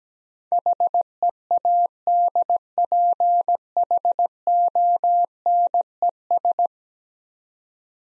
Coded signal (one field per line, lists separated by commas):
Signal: Morse code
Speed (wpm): 17 wpm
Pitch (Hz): 700 Hz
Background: none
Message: HEADPHONES